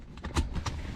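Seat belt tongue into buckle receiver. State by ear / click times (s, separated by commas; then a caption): seated / 0.4 s. With the old cloth-seat belt receiver swapped onto Chevy Avalanche rear seats installed in an LBZ Duramax truck, the pillar seat belt's metal tongue is pushed into the plastic buckle receiver, since the Avalanche's own belts won't click into it. A cluster of short, sharp hits follows, and the tongue clicks in and seats at 0.4 s.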